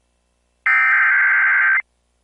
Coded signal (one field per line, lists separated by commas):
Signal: Emergency Alert System (SAME) tones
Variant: header bursts